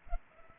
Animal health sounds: mosquito wingbeat signal from an infrared sensor; Culex pipiens

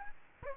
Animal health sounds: mosquito wingbeat signal from an infrared sensor; Aedes aegypti

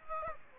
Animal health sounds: mosquito wingbeat signal from an infrared sensor; Aedes aegypti

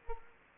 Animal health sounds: mosquito wingbeat signal from an infrared sensor; Culex quinquefasciatus

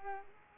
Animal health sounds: mosquito wingbeat signal from an infrared sensor; Culex pipiens

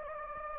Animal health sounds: mosquito wingbeat signal from an infrared sensor; Anopheles gambiae

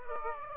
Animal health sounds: mosquito wingbeat signal from an infrared sensor; Aedes aegypti

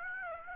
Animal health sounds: mosquito wingbeat signal from an infrared sensor; Aedes aegypti

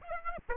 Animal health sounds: mosquito wingbeat signal from an infrared sensor; Aedes aegypti

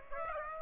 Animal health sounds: mosquito wingbeat signal from an infrared sensor; Aedes aegypti

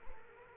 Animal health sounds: mosquito wingbeat signal from an infrared sensor; Culex quinquefasciatus

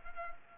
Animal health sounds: mosquito wingbeat signal from an infrared sensor; Culex pipiens

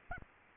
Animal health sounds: mosquito wingbeat signal from an infrared sensor; Aedes albopictus

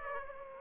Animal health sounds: mosquito wingbeat signal from an infrared sensor; Aedes aegypti

